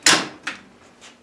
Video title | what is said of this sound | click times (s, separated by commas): Mobile Miter Saw Table Stand | grab it until it locks into place | 0.1 s, 0.5 s